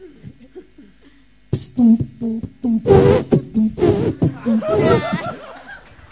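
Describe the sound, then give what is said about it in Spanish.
After a quiet moment, a person imitates an elephant in a remixed, rhythmic, beat-like run of short voiced pulses and breathy blasts, ending with a wavering, high trumpeting call, as a preview for a talent night. “El elefante ahora, pero remixado.”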